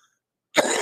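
A single abrupt, harsh cough from an adult bursts in after half a second of silence and is cut off. It is a persistent cough during recovery from COVID-19, about 10 days after testing positive, with breathing not yet fully recovered after having needed oxygen.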